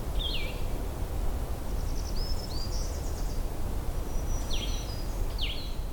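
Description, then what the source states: Blue-headed Vireo song: short slurred whistled phrases, a single phrase early on and a pair near the end, interleaved with a high, buzzy warbler song over background hiss. Recorded alongside a black-throated green warbler singing in the same recording.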